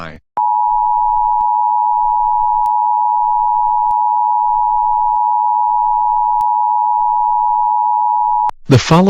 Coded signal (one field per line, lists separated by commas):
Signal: Emergency Alert System (SAME) tones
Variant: 853 and 960 Hz attention tone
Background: speech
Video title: EAS Scenario: Nuclear Attack